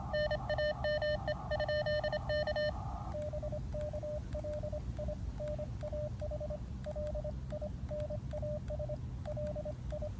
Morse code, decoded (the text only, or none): NAME? K BK LINAH LINAS LI